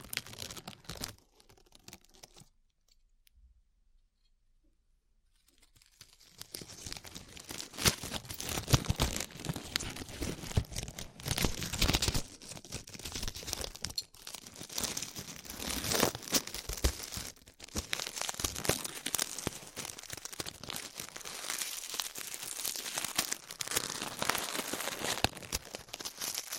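Glue being peeled off skin: after a quiet start, dense crackling, sticky crinkling and tearing sounds run continuously, bright and irregular, with brief pauses.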